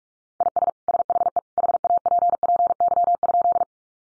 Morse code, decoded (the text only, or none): IS SHE HAPPY?